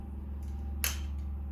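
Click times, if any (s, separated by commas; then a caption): 0.8 s. A metal seal retaining clip (circlip) is pushed down with a screwdriver into its groove inside a motorcycle fork tube, above the oil seal. A single sharp, bright click is heard at 0.8 s over a steady low hum, and the clip is seated in the groove.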